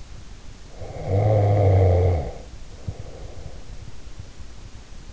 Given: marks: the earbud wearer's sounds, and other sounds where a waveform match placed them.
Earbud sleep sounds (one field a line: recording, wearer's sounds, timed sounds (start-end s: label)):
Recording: sounds in sleep by an in-ear microphone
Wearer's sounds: snoring breath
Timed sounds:
0.69-3.74 s: snoring breath